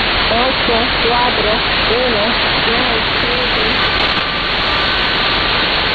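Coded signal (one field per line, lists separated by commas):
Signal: numbers station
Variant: HM01, Spanish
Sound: faint short spoken words at a steady pace, buried in loud hissing static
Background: radio static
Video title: 29 07 2019 HM01 Cuban Spy Numbers station in Spanish 0606 on 10345 Bejucal AM mode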